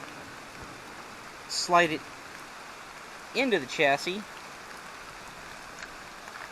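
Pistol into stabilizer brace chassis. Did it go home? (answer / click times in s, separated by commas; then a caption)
no / none. A Glock 19 compact pistol is being handled for sliding into a CAA Micro Roni polymer stabilizer-brace chassis, where it is meant to lock onto the rail. Over a steady hiss, someone talks briefly around 1.5–2.0 s and again around 3.4–4.2 s. Nothing has seated or clicked yet; the clip ends before the part goes home.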